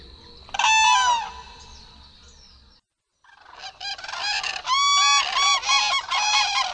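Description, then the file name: Common crane trumpeting calls, loud rolling harmonic bugles in two bursts, the second longer with several birds overlapping, separated by a brief silent gap. "zuraw"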